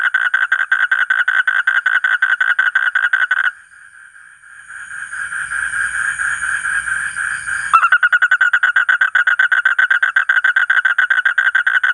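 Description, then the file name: Asian common toad trilling in rapid harsh pulses, pausing for about four seconds amid faint hiss and low rumble, then resuming the fast pulsed call. "suara kodok bangkong kolong kodok buduk"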